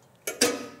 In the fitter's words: we're going to snap into place there